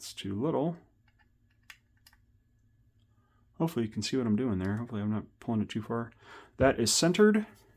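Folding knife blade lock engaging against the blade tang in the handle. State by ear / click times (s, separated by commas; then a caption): not seated / none. Someone talks while centering the blade on a reassembled Boker Plus / Sniper Bladeworks S2 folding knife, with a few faint small ticks from handling around 1.1, 1.7 and 2.1 seconds in a quiet pause. The blade lock has not yet engaged against the blade tang in the handle; nothing has seated or clicked yet.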